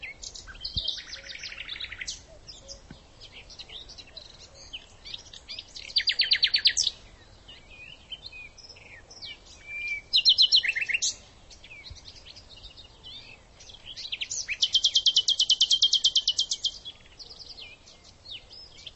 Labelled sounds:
Common Nightingale (Luscinia megarhynchos) song

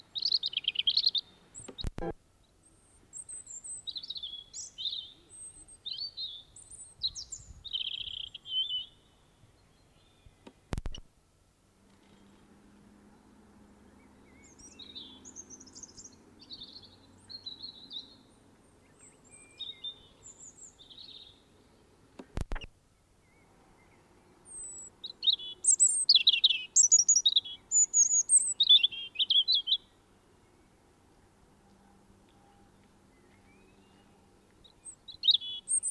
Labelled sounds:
European Robin (Erithacus rubecula) song

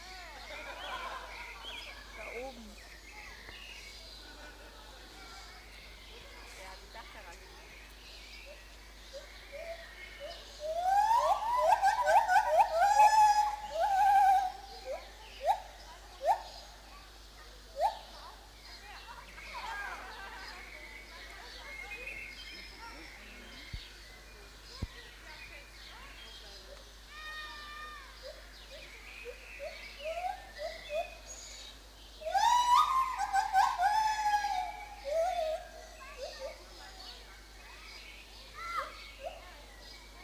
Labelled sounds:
Lar Gibbon (Hylobates lar)

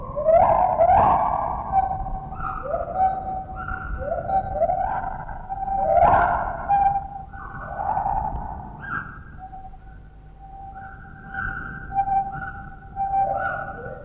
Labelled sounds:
Lar Gibbon (Hylobates lar)

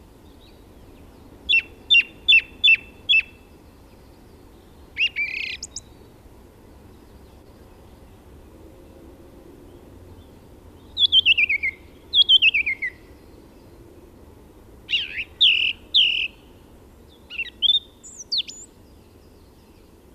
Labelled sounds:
Song Thrush (Turdus philomelos) song

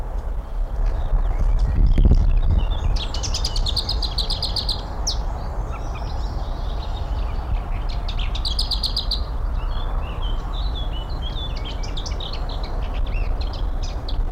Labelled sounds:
Lesser Whitethroat (Sylvia curruca)

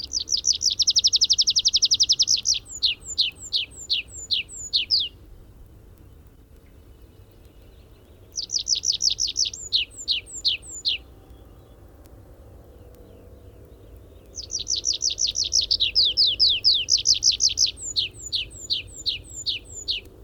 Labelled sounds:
Tree Pipit (Anthus trivialis) flight song

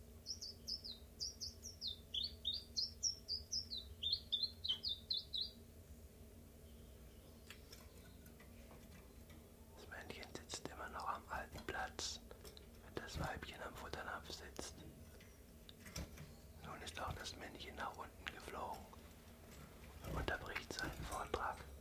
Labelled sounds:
Common Chiffchaff (Phylloscopus collybita)

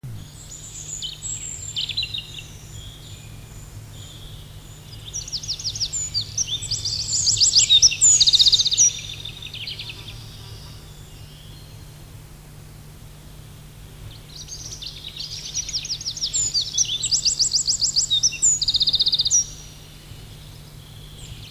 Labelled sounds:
Eurasian Wren (Troglodytes troglodytes) song

